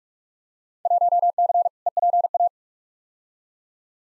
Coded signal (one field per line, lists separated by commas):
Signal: Morse code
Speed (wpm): 44 wpm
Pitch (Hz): 700 Hz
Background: none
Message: 1C EPA